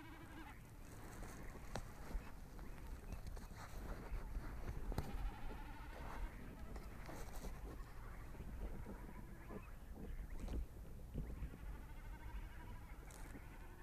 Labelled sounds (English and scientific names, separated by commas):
Common Snipe (Gallinago gallinago) bleating